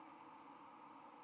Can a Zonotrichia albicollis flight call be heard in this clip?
no